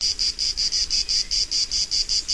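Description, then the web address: Cicada song, a shrill high buzz pulsing about five times a second in even, regular bursts throughout, with no other clear sounds. "zikaden"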